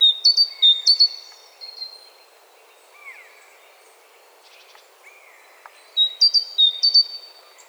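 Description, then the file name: Great tit two-note song phrases at the start and end, with softer slurred notes in the quieter middle. "Parus major"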